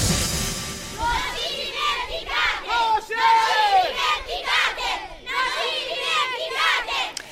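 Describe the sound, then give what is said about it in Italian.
A crowd of children from the flood-hit Maremma, Italy, shouting together at a protest alongside their parents and town mayors, their high-pitched voices rising and falling in overlapping cries that stay loud and continuous for the whole stretch. “Le voci dei bambini della Maremma che oggi protestano insieme ai genitori, insieme ai sindaci dei loro paesi.”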